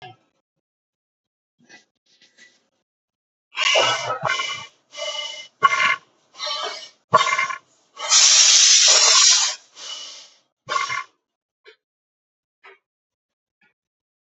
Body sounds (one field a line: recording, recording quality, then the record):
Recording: deep breathing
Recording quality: excellent, no background noise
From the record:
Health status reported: COVID-19 positive, mild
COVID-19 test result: positive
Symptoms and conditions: cough, breathing difficulty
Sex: female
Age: 60 years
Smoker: not ticked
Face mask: not worn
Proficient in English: yes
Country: India